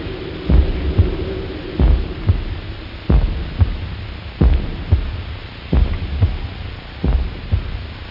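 Slow, steady paired thumps of an adult heart, a deep lub followed closely by a softer dub, repeat about 45 times a minute, with six full beats over a low background hum. A heartbeat sound effect.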